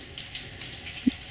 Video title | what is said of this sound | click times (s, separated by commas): Building an Owl Excluder for Purple Martin Systems | yeah you got it and it snaps down like that | 1.1 s